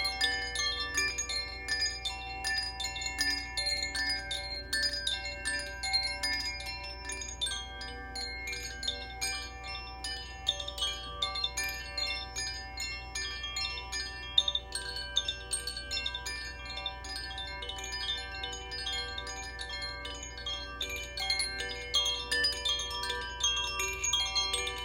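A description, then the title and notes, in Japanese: Two sets of wind chimes for the element of fire ring together in a dense, continuous shimmer of bright, sustained tones. Overlapping strikes come every fraction of a second for the full length, with a softer low hum underneath and a slight swell around the middle. 火のエレメントのコシチャイムとザフィアチャイムを奏でました。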